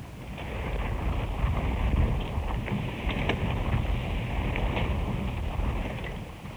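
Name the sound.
windmill turning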